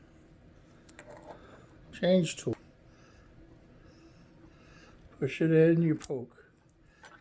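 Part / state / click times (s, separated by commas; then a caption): rekey change tool into a door lock cylinder / seated / 7.0 s. A metal rekey change tool is pushed into the rekey hole of a Kwikset smart-key door lock cylinder while the key is turned, and someone talks. The tool engages and seats with a click at 7.1 s.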